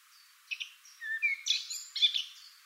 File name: Sylvia atricapilla